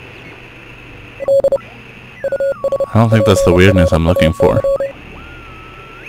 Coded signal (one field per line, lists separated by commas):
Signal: Morse code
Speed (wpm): 30 wpm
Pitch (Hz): 550 Hz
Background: speech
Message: D US PRAC